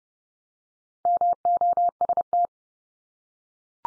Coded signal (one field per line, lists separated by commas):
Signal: Morse code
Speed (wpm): 30 wpm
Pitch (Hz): 700 Hz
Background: none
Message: MOST